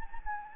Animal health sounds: mosquito wingbeat signal from an infrared sensor; Anopheles gambiae

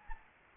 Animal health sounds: mosquito wingbeat signal from an infrared sensor; Anopheles arabiensis

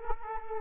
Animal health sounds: mosquito wingbeat signal from an infrared sensor; Culex quinquefasciatus

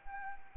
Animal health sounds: mosquito wingbeat signal from an infrared sensor; Anopheles arabiensis

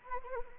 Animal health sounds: mosquito wingbeat signal from an infrared sensor; Anopheles arabiensis

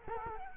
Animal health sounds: mosquito wingbeat signal from an infrared sensor; Culex quinquefasciatus

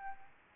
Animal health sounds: mosquito wingbeat signal from an infrared sensor; Anopheles arabiensis

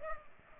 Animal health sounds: mosquito wingbeat signal from an infrared sensor; Culex pipiens

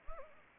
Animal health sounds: mosquito wingbeat signal from an infrared sensor; Anopheles arabiensis

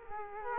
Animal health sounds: mosquito wingbeat signal from an infrared sensor; Culex quinquefasciatus

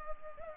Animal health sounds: mosquito wingbeat signal from an infrared sensor; Culex pipiens

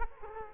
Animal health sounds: mosquito wingbeat signal from an infrared sensor; Culex quinquefasciatus

